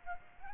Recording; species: mosquito wingbeat signal from an infrared sensor; Aedes aegypti